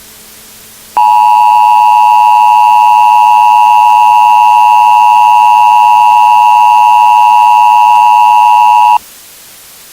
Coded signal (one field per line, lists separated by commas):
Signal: Emergency Alert System (SAME) tones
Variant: 853 and 960 Hz attention tone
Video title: Terror in the USA: An Uncut EAS Nuclear Attack Series [unissued]